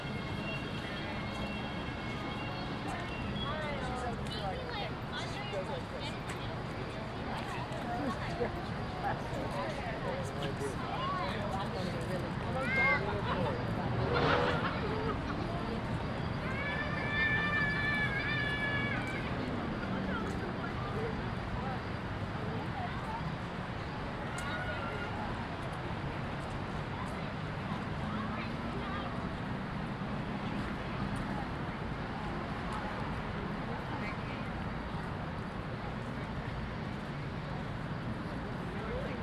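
A walk around a city lake park, with steady murmur of people talking in passing, over a low hum of traffic. Short bird calls ring out around 13 and 17 seconds, and a brief louder sound rises near 14 seconds.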